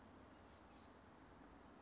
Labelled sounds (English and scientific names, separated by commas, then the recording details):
Oak Titmouse (Baeolophus inornatus)
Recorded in Sonoma County, California